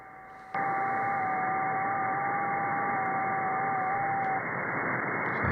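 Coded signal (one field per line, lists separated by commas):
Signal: FT8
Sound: band hiss with two faint steady whistling tones that drift slightly, lasting about four seconds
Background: radio static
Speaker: is fd8 this is one of the amateur modes or digital modes so uh 2807 fours and Center is the bottom frequency for the fd8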